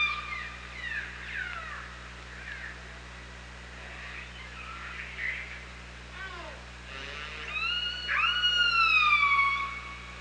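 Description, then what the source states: Killer whale calls, a series of short downward-sweeping pulsed notes followed by a loud rising then falling harmonic whistle, with constant low hum. OrcaLab hydrophone recording, 24 August 2017, 07:54.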